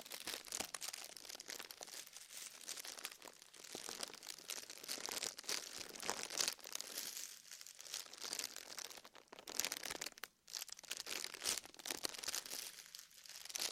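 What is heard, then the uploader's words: Ear massage sounds: dense, continuous crinkling and rubbing with a bright, hissy texture that rarely lets up. Scratchy bursts and crackles come in quick irregular clusters, with a brief near-silent gap around ten seconds before the rubbing resumes. ASMR Intense Ear Massage. (No Talking).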